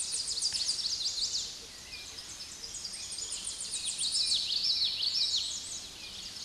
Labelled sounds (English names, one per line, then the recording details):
Common Yellowthroat song
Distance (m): 15 m
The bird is about level with the microphone
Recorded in a Pennsylvania forest on 16 May 2024 at 06:40
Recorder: AudioMoth, point MSD-2143
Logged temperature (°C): 16.0 °C
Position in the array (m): 49 m, 143 m